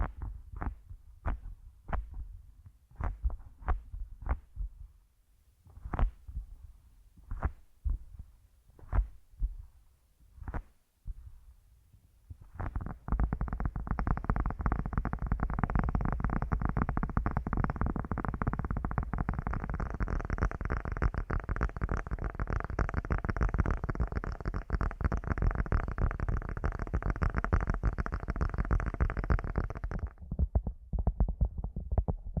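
Headphone-mic massage triggers: soft rhythmic thumps for twelve seconds, then a dense continuous rubbing rush until thirty seconds, followed by a few more thumps.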